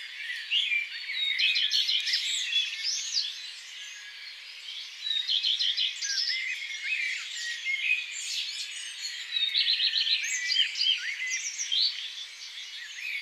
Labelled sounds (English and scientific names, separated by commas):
Common Redstart (Phoenicurus phoenicurus) song